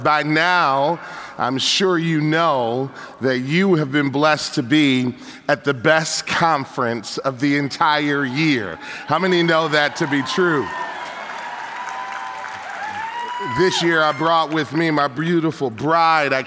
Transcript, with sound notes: By now I’m sure you know that you have been blessed to be at the best conference of the entire year! How many know that to be true? (cheers and applause) This year I brought with me my beautiful bride.